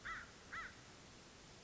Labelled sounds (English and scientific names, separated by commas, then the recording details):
American Crow (Corvus brachyrhynchos)
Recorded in Sonoma County, California